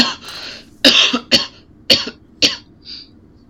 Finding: Coughing.